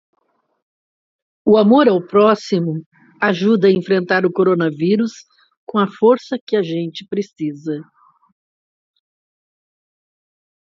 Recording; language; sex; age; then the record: spoken sentence; Brazilian Portuguese; female; 60 to 69 years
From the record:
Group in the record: control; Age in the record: 62 years